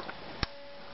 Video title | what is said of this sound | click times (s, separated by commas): ION Air Pro - Initial Review - Sport Camera | hear that snap it's in place I squeeze on those two things | 0.4 s